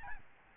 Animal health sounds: mosquito wingbeat signal from an infrared sensor; Aedes albopictus

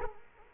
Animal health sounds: mosquito wingbeat signal from an infrared sensor; Culex quinquefasciatus

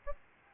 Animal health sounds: mosquito wingbeat signal from an infrared sensor; Aedes albopictus

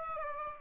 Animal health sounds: mosquito wingbeat signal from an infrared sensor; Aedes aegypti

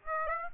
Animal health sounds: mosquito wingbeat signal from an infrared sensor; Aedes aegypti

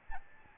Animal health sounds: mosquito wingbeat signal from an infrared sensor; Aedes albopictus

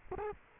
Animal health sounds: mosquito wingbeat signal from an infrared sensor; Culex quinquefasciatus

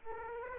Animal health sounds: mosquito wingbeat signal from an infrared sensor; Aedes aegypti

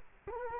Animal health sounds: mosquito wingbeat signal from an infrared sensor; Culex quinquefasciatus

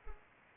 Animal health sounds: mosquito wingbeat signal from an infrared sensor; Culex pipiens

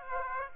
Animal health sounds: mosquito wingbeat signal from an infrared sensor; Aedes aegypti

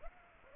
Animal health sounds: mosquito wingbeat signal from an infrared sensor; Aedes aegypti

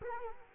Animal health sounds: mosquito wingbeat signal from an infrared sensor; Culex quinquefasciatus

